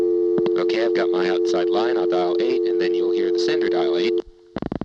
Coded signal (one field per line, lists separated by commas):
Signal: telephone call progress tone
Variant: North America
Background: speech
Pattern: dial tone